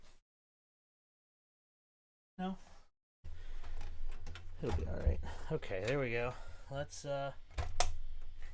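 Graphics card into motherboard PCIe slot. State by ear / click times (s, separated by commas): seated / 7.8 s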